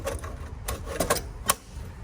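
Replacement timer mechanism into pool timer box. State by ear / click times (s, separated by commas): seated / 1.5 s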